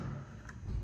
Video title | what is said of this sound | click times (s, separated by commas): How to Open Hinged Glass Panel on Pella Designer w/ HGP Windows 05-19 | you'll hear that click and now you see that the hgp has come loose | 0.5 s